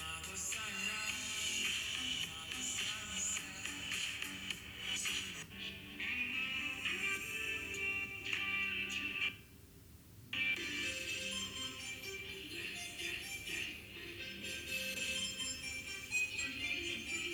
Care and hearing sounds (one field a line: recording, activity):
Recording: daily activity, guitar pickup as the sensor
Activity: browse video